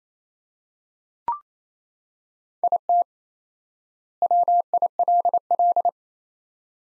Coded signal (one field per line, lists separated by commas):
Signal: Morse code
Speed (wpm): 28 wpm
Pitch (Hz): 700 Hz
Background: none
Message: IT WILL